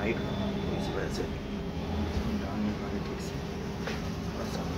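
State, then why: Seated. An attachment is fitted onto the body of a Planet Power EBC 40N electric blower machine and twisted until it locks into place. Over steady background noise, someone talks, and a single sharp click at 3.9 s marks the attachment seating. The attachment is locked on.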